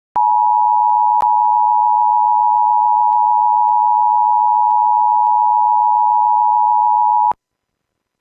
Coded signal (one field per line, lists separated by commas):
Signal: Emergency Alert System (SAME) tones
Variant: 853 and 960 Hz attention tone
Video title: Evacuation Immediate | EAS #631